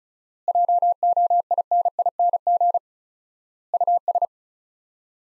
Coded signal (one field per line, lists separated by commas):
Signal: Morse code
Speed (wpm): 36 wpm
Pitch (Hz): 700 Hz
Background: none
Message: JOINING US